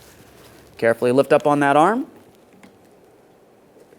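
A new wiper blade is handled at the hook-type wiper arm of a 2015-2020 Ford F-150 pickup truck, where its adapter will slide onto the arm's hooked end. Someone talks from about 0.8 to 2.1 s, followed by a few faint, brief handling taps around 2.4 to 2.6 s and then quiet. Nothing has seated or clicked yet.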